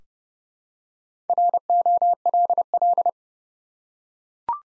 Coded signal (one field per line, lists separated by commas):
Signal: Morse code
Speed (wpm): 30 wpm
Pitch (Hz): 700 Hz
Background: none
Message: ROLL